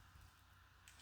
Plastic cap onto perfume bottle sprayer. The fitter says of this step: oh that's nice and listen to that for those of you that happen to give a it does click into place pretty